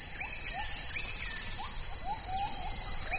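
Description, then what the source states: Bornean gibbon yelping calls: short upward-sweeping notes repeated irregularly over a dense, steady high-pitched insect drone. Bornean gibbons in tropical rainforest, Danum Valley, Sabah, Malaysia, early morning, heard from a canopy walkway; yelping and howling calls used to communicate between family groups.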